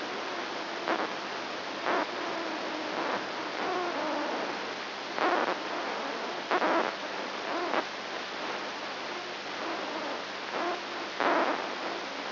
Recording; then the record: brain microelectrode recording played as sound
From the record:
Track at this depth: inside the subthalamic nucleus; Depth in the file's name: 1.505 mm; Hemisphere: left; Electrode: 3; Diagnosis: Parkinson's disease